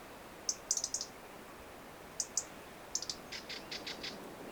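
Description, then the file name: European robin giving sharp, high ticking calls in quick clusters, then a softer run of ticks near the end, over a steady hiss. "Erithacus rubecula"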